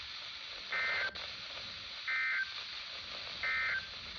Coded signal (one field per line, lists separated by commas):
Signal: Emergency Alert System (SAME) tones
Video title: A piece of some slight - Alerts from 6/30/24 (EAS #1115 - 1132)